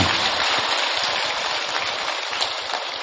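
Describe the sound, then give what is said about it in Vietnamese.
An audience at a one-day retreat at Tường Vân monastery breaks into dense, steady applause to honour the abbot, many hands clapping at once in a continuous crackling wash that holds its loudness for about three seconds, with no voices over it. “Thì xin quý vị trên một tràng pháo tay để hoan hô thầy chủ trì.”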